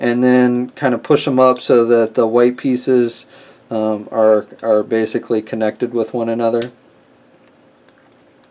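Someone talks while the plastic leg pieces of a Transformers Masterpiece Bumblebee MP-21 transforming figure are pushed together and up so the white pieces connect. After the talking stops around 6.7 s, a few faint, short handling sounds follow between 7.9 and 8.4 s. Nothing has clicked into place yet.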